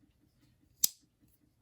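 The steel blade of a Puma hunting folding pocket knife is worked through its very smooth walk-and-talk action against the handle's backspring. It snaps home with a single sharp, bright snap at 0.8 s, over a faint low background hum. The blade is seated and locked into place.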